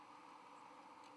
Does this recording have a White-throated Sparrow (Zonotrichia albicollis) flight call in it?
no